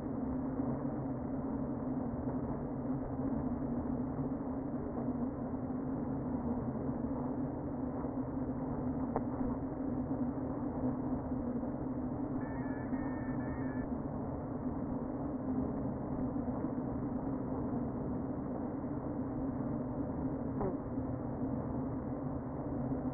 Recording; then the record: honeybee colony, microphone inside the hive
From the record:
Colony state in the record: queen present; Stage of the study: before two queens were removed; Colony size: about 60,000 bees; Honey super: yes